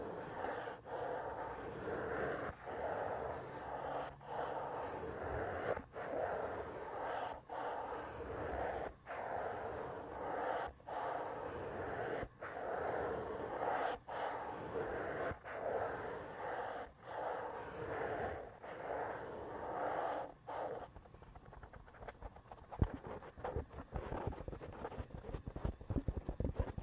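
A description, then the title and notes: A scratcher rubs rhythmically across the microphone in dense strokes, with short pauses roughly every one and a half seconds. After about twenty seconds the strokes stop and give way to sparse, sharper taps and crackling handling sounds. ASMR brain scratch // mic touching // head and back scratcher.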